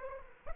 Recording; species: mosquito wingbeat signal from an infrared sensor; Aedes aegypti